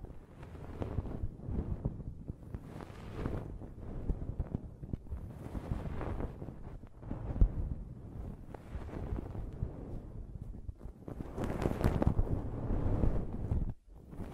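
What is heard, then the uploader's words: Ear cleaning and blowing, heard as a continuous rough rushing and rumbling that swells and fades in uneven bursts every second or two. The sound is mostly low and muffled, with brighter gusts around 3, 6 and 12 seconds, and a sudden drop near the end. ASMR Ear Cleaning and Blowing (No Talking).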